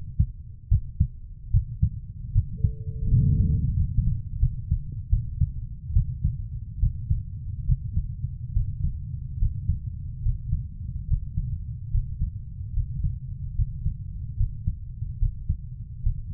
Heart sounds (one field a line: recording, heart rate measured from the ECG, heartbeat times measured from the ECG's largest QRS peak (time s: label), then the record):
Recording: heart sounds by stethoscope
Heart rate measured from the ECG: 74 bpm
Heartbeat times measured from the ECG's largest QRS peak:
0.69 s: heartbeat
1.51 s: heartbeat
2.32 s: heartbeat
3.08 s: heartbeat
3.76 s: heartbeat
4.40 s: heartbeat
5.10 s: heartbeat
5.93 s: heartbeat
6.80 s: heartbeat
7.66 s: heartbeat
8.53 s: heartbeat
9.39 s: heartbeat
10.22 s: heartbeat
11.07 s: heartbeat
11.91 s: heartbeat
12.73 s: heartbeat
13.55 s: heartbeat
14.37 s: heartbeat
15.19 s: heartbeat
16.03 s: heartbeat
From the record:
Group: healthy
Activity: rest 0-5 s, Valsalva maneuver 5-16 s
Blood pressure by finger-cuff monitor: 125/79 mmHg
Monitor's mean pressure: 92 mmHg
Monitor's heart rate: 72 bpm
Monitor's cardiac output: 5.4 L/min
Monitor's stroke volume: 75 mL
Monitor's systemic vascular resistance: 1200 dyn s/cm5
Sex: female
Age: 24 years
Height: 163 cm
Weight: 55.7 kg